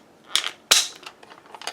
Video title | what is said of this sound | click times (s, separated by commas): Testing & Review of Suptig Waterproof GoPro Charging Dive Case | see here hit that two clicks | 0.4 s, 0.7 s